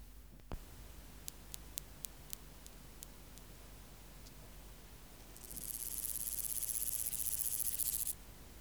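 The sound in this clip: Omocestus antigai grasshopper: a few scattered faint clicks, then a high, pulsed hissing buzz of nearly three seconds that grows slightly louder before halting.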